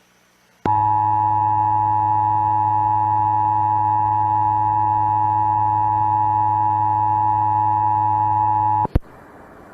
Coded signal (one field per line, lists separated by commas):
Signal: Emergency Alert System (SAME) tones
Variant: 853 and 960 Hz attention tone